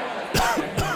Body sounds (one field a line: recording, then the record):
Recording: coughing mixed with background sound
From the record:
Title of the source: Coughing 51